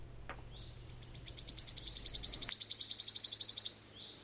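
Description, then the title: Wood Warbler song: a single very high trill of stuttering notes that quickens into a metallic, shimmering buzz lasting about three seconds, with a faint click near the start and another midway. "Viikon luontoääni: Sirittäjä"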